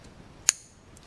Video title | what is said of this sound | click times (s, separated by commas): Ford Vehicles: Fuel Rail Pressure Sensor Replacement P0191 | until it snaps like that | 0.5 s